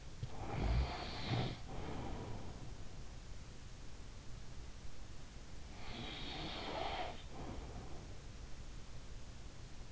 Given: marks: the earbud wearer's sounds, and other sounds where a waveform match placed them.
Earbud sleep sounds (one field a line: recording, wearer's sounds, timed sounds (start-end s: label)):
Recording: sounds in sleep by an in-ear microphone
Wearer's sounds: snoring breath, breath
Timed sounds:
0.00-2.93 s: snoring breath
5.50-8.70 s: breath